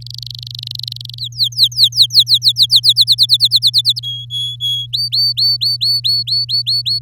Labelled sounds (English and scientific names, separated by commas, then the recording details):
Domestic Canary (Serinus canaria) song
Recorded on 8 May 2018 at 06:04
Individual llb16